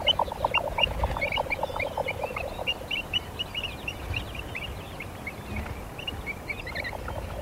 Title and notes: Viikon luontoääni: Jänkäkurppa. Pertti Koskimies